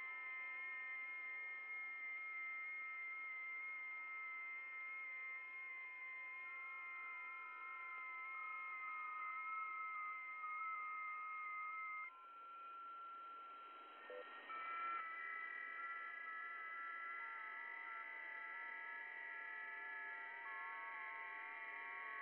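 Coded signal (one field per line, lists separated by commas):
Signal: FT8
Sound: several overlapping steady warbling tones stepping slowly in pitch, brief pause, then resuming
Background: radio static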